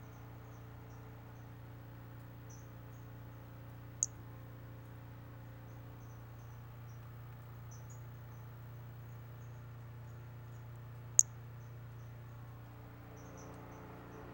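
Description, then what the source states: Brachycephalus albolineatus giving brief high chirps spaced irregularly throughout, with two sharp clicks and a constant low hum beneath. Individual 11, unvouchered.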